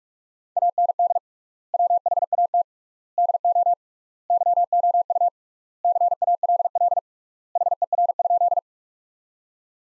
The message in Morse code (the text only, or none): AND WHAT DO YOU CALL HER?